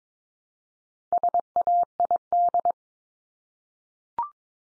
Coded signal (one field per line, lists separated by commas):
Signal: Morse code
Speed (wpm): 22 wpm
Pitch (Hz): 700 Hz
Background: none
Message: SAID